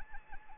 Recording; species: mosquito wingbeat signal from an infrared sensor; Anopheles arabiensis